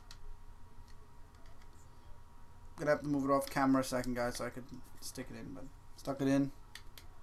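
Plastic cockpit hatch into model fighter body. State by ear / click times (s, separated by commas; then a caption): not seated / none. Someone talks while fitting the clear plastic cockpit hatch onto the top of a snap-together Revell First Order TIE fighter model kit body, with short plastic knocks near 0.1, 6.8 and 7.0 seconds as the hatch is closed. The hatch does not snap tight, and nothing has clicked or seated yet.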